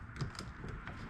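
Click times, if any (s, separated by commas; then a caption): none. A plastic wiring harness connector is handled against the dash plate plug while a Polaris Indy dash plate is installed on a wedge chassis snowmobile. Light clicks and ticks of handling sound around 0.2 s, 0.4 s and 0.9 s over a low background. The connector has not snapped in or seated yet.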